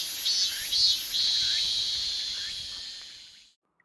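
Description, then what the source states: Robust cicada song: a loud, shrill, pulsing buzz that runs into a steady, ringing drone and fades out near the end. The cicada heard most in summer, singing in the hottest part of midsummer.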